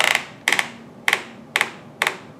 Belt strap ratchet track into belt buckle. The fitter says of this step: Hear that? Hear that? That's the clicks.